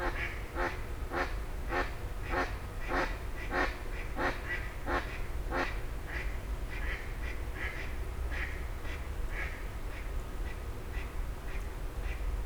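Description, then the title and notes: Grey heron rasping croaks in a brisk series that gradually softens, with steady low traffic noise underneath. Several grey herons exchanging calls at 04h00 in Fenouillet, France, as traffic gradually resumes. "44 Rue des Gourgues, 31150 Fenouillet, France - 04h00-Dialogue de Hérons cendrés. 04h00-Alors que la circulation reprend peu à peu, des hérons cendrés se font des politesses"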